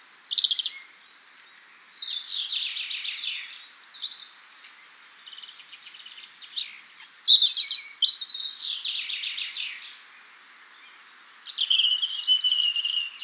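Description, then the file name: European robin singing high, thin warbling phrases of quick trills and sliding notes, bursts separated by short pauses, with a quieter passage midway. "Erithacus rubecula"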